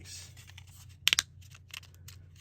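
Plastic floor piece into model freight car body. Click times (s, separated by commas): 1.1 s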